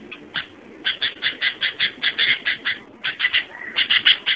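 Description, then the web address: Sooty-headed bulbul uttering rapid rasping notes, evenly spaced, with a few short breaks in the series. "suara kutilang asli. burung kutilang"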